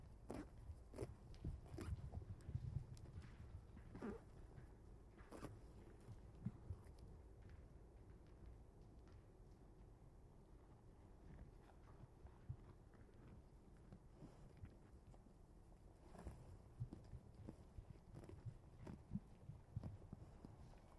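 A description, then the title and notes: An elk cow munches on grass close by, the tearing and chewing coming as a steady run of soft, dull crunches and snaps. The bites cluster more busily in the first seven seconds and again near the end, over a low rustling background. I spent another weekend in the Colockum Wildlife Area, camping at the border of Coffin Game Reserve. A cow munched on grass near my microphone for nearly an hour.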